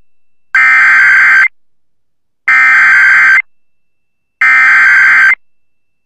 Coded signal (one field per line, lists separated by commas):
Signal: Emergency Alert System (SAME) tones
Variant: header bursts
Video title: Another Visit to the Deep South | EAS Alerts from March 26th, 2023 (EAS #2296-2312)